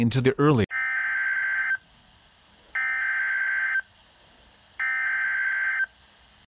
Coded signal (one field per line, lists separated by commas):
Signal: Emergency Alert System (SAME) tones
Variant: header bursts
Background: speech